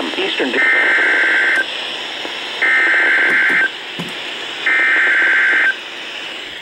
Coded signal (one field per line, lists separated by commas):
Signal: Emergency Alert System (SAME) tones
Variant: header bursts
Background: speech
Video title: WHO ELSE BUT GSP... EAS Alerts from 6/14/21 (EAS #5,814 - 5,823)